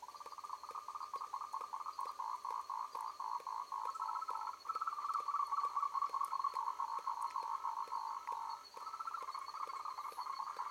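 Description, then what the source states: Frog chorus of rapid pulsed calls forming a continuous buzzing trill, with steady ticking notes repeated about twice a second underneath. Recorded on 3 March 2021 in the evening.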